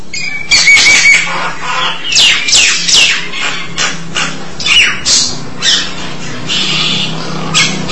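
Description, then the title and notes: Starling song of slurred whistles and loud sweeping notes delivered in short bursts, separated by brief pauses, with a faint low hum. "suara burung jalak"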